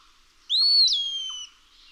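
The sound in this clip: Eastern wood-pewee song, one clear slurred whistle that rises, then drops at a sharp break into a long falling note, lasting about a second.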